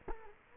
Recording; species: mosquito wingbeat signal from an infrared sensor; Culex quinquefasciatus